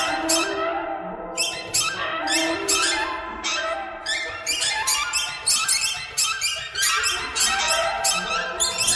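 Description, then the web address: Bird calls, a dense chorus of harsh squeaky notes from many birds overlapping, coming in bursts every second or so without a pause. "soundfactory birds"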